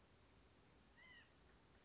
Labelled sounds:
White-breasted Nuthatch (Sitta carolinensis)
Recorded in Sonoma County, California

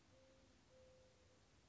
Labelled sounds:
Mourning Dove (Zenaida macroura)
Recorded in Sonoma County, California

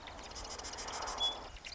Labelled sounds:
Marsh Wren (Cistothorus palustris)
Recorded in Sonoma County, California

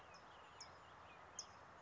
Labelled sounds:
California Towhee (Melozone crissalis)
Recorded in Sonoma County, California

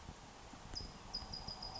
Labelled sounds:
California Towhee (Melozone crissalis)
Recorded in Sonoma County, California

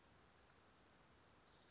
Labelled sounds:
Orange-crowned Warbler (Leiothlypis celata)
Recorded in Sonoma County, California

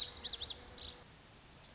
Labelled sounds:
Lazuli Bunting (Passerina amoena)
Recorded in Sonoma County, California

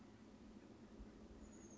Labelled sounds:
Chestnut-backed Chickadee (Poecile rufescens)
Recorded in Sonoma County, California

